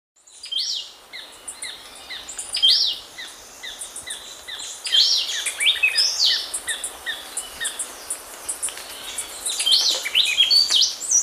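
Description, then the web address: Gray-breasted wood-wren giving bursts of clear whistled phrases over steady background noise, with softer notes between the bursts. Recorded in the Mindo-Tandayapa area, Ecuador. "S America Birds of Ecuador. Gray-breasted Wood-Wren (Mindo-Tandayapa)"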